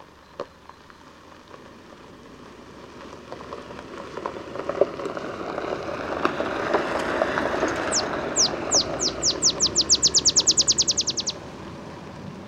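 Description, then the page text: Olive sparrow song: spaced chips accelerating into a fast, ringing trill near the end, over a low rumbling noise that swells and fades. Singing in early morning in Texas, 50 miles north of the Mexican border; simple songs likened to a field sparrow's bouncing-ball song. "Olive sparrow. Recording early morning just 50 miles north of the Mexican border in Texas"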